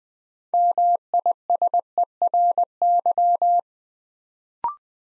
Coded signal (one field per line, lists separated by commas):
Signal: Morse code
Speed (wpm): 20 wpm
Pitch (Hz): 700 Hz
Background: none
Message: MISERY